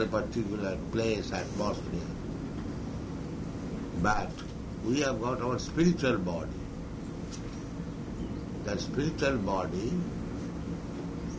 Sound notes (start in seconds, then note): none